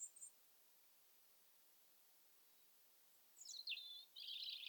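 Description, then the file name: European robin: a faint high note at the start, then after silence a descending thin whistle followed by a rapid, jangling trill. "Erithacus rubecula"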